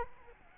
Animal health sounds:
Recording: mosquito wingbeat signal from an infrared sensor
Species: Aedes albopictus

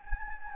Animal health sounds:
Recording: mosquito wingbeat signal from an infrared sensor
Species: Anopheles gambiae

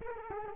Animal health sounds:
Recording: mosquito wingbeat signal from an infrared sensor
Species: Culex quinquefasciatus

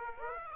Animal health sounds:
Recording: mosquito wingbeat signal from an infrared sensor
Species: Aedes aegypti

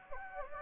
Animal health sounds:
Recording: mosquito wingbeat signal from an infrared sensor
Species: Anopheles gambiae

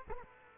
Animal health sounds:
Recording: mosquito wingbeat signal from an infrared sensor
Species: Culex quinquefasciatus

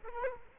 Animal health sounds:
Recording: mosquito wingbeat signal from an infrared sensor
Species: Culex quinquefasciatus

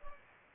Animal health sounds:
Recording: mosquito wingbeat signal from an infrared sensor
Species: Aedes aegypti

